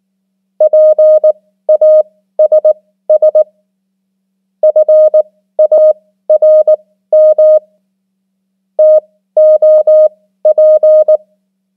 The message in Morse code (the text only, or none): PASS FARM TOP